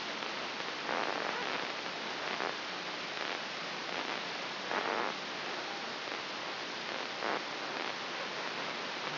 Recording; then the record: brain microelectrode recording played as sound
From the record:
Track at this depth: inside the subthalamic nucleus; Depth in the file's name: 6.508 mm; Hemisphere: left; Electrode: 3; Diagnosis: Parkinson's disease